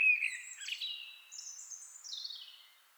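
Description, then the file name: Common blackbird giving one phrase: a warbled low section sliding into a high, thin twitter that falls away at the end; no other sounds. "Turdus merula"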